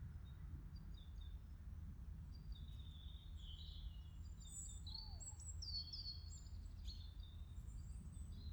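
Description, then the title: Birds singing, overlapping high twittering and whistled phrases over a constant low background rumble. Birds in a forest, 17 March 2020. "eine-minute media 20200317 voegel im wald"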